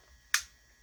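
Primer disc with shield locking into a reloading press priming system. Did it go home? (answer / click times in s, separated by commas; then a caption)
yes / 0.3 s. A primer disc with its shield is pushed onto the priming system of a Lee Loadmaster progressive reloading press, set up for loading 45 Colt. A single sharp, bright click sounds at 0.3 s and fades quickly against a quiet background. The disc is locked into place.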